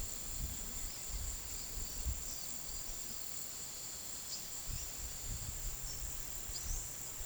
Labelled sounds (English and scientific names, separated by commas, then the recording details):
none
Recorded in pastures near Puerto Asís, Putumayo, Colombia, on 20 February 2024 at 15:30
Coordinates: 0.466, -76.323
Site G6384